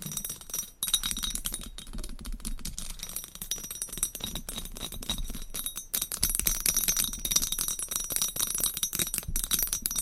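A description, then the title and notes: Tapping fills the whole stretch, a dense, fast patter of small, bright clicks with a faint glassy, chiming ring. After a brief dip just before the first second the tapping resumes, and it grows a little louder and sharper from about six seconds on. ASMR IMMUNITY TEST 10 Levels of Tapping INTENSE Trigger Warning! No Talking.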